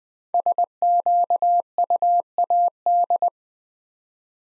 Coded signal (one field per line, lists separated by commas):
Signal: Morse code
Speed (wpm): 20 wpm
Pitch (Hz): 700 Hz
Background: none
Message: SQUAD